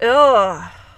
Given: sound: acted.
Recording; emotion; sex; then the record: nonverbal affect burst; disgust; female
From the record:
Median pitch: 214 Hz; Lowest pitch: 143 Hz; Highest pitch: 295 Hz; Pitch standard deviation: 47 Hz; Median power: 72.5 dB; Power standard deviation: 13.8 dB